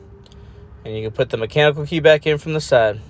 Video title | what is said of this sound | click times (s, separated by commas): How to replace the key fob battery on Volkswagen ID4, ID3 and VW BUZZ | now just push the cover back on it just snaps into place | 0.3 s